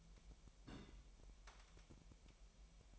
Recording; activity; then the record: daily activity, microphone in the room; place on stove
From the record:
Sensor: 1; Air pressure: 1002.0 hPa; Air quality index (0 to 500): 248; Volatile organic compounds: 52 ppm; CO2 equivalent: 3322 ppm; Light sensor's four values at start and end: 6/13/5/6 and 6/13/5/6